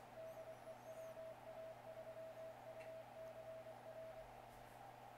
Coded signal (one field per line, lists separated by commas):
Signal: Morse code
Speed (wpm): 24 wpm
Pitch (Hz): 650 Hz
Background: none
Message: DE WA3UCR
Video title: CW Keyer Project